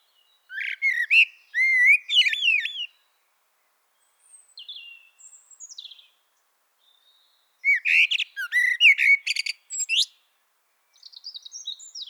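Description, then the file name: Common blackbird song: two loud mellow warbled phrases, each ending in a sharp high squeaky flourish, separated by softer thin twittering notes. "Turdus merula"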